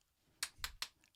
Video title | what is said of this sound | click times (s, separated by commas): How to Change the Drill Bit on an Erbauer Drill | And once you hear it click, you want to give it a final tighten up like | 0.4 s, 0.6 s, 0.8 s